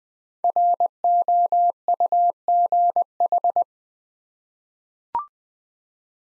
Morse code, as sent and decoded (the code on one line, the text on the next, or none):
.-. --- ..- --. ....
ROUGH